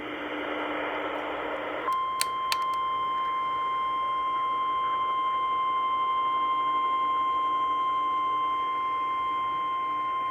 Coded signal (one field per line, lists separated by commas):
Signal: Emergency Alert System (SAME) tones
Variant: 853 and 960 Hz attention tone